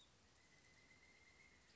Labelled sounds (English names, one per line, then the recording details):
Pileated Woodpecker
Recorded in Sonoma County, California